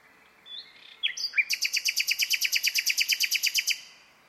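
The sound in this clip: Bird song: a few thin introductory notes, then an even, rapid series of many bright repeated notes lasting over two seconds.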